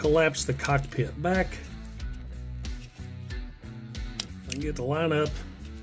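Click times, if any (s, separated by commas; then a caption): none. Someone talks over background music while handling a collapsed cockpit section on a plastic Studio Series Devastator toy, trying to line it up with the torso, with a few faint plastic handling ticks. The clip ends before the cockpit section goes home, so nothing has seated or clicked into place yet.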